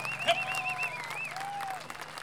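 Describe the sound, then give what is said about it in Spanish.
An audience applauds the dancers steadily for a couple of seconds at an international payadores gathering in San José de Maipo, many hands clapping in a dense, continuous patter, with thin wavering high tones and a low steady hum running underneath. “Y esta idea se atesora de manera diferente para decirle a la gente: aplauso a las bailadoras.”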